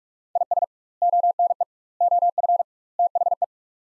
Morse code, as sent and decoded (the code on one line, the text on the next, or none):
.. ... / --- -. . / --- ..-. / - .... .
IS ONE OF THE